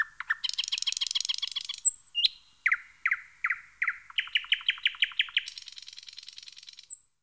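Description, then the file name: Thrush nightingale song with a rattling trill, a series of loud repeated chock notes, another long dry rattle, and a thin high whistle at the end. "Jean C Roche - Rossignol progne"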